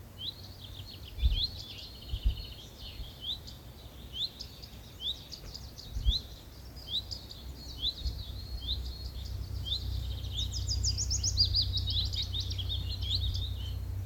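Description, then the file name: Common redstart song: high whistled and trilled notes delivered nearly continuously throughout, building to a denser scratchy trill near the end, with a low rumble that grows louder in the second half and occasional thumps. "Gartenrotschwanz"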